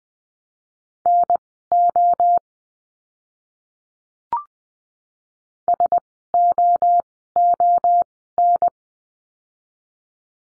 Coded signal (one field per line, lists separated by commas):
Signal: Morse code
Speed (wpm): 20 wpm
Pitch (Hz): 700 Hz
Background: none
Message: NO SOON